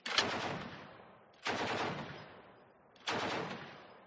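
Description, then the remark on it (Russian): Three short, loud bursts of KPV heavy machine gun fire shredding three motorboats on a river, spaced about a second and a half apart, each one cutting off into a long rumbling, fading tail. No voices. “Короткие очереди КПВ разносили в щепки три хозяйские катера, поставив крест на возможной погоне по реке.”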